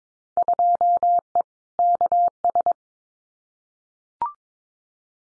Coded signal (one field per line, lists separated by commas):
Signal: Morse code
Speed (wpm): 22 wpm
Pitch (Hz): 700 Hz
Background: none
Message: 2E KS